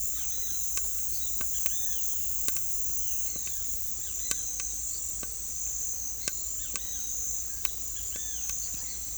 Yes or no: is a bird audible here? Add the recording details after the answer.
yes. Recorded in pastures near Puerto Asís, Putumayo, Colombia, on 21 December 2024 at 18:00. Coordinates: 0.487, -76.322. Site GP09